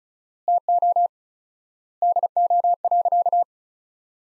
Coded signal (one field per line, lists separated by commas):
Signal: Morse code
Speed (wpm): 34 wpm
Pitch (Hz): 700 Hz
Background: none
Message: TO DO.